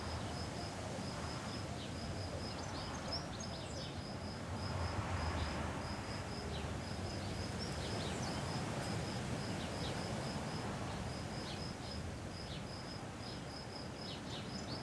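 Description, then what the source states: Cicada song of rapid high buzzy pulses grouped into short bursts, repeating steadily throughout over loud, constant wind noise. Single cicada hiding in a garden all week; recorded on a day of constant mistral wind blowing through a pine tree.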